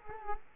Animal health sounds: mosquito wingbeat signal from an infrared sensor; Culex quinquefasciatus

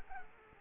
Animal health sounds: mosquito wingbeat signal from an infrared sensor; Culex quinquefasciatus

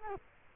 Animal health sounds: mosquito wingbeat signal from an infrared sensor; Culex quinquefasciatus

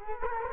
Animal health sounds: mosquito wingbeat signal from an infrared sensor; Culex quinquefasciatus

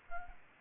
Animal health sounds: mosquito wingbeat signal from an infrared sensor; Aedes albopictus

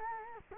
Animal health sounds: mosquito wingbeat signal from an infrared sensor; Culex quinquefasciatus

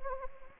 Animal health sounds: mosquito wingbeat signal from an infrared sensor; Anopheles gambiae

